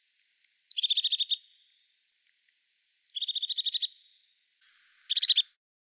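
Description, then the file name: European crested tit giving three trilled bursts, the first two each a thin high opening note then a fast purring rattle, the last a shorter rattle, with gaps between. "Lophophanes cristatus"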